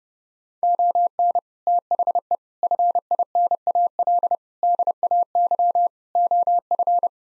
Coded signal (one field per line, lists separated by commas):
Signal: Morse code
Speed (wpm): 30 wpm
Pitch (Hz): 700 Hz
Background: none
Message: ON THE FINAL DAY OF